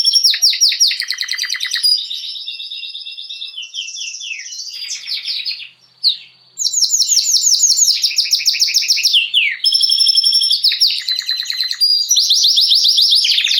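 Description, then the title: Canary song of loud rapid trills and rolls, with a brief near-silent pause around six seconds before the fast varied phrases resume. Male Belgian canary singing a lot, used to warm up young birds. "Esquente Seu Filhote E Canario Belga Macho Cantando Muito"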